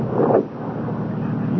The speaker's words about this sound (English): Listen, that's a car. It's slowing down.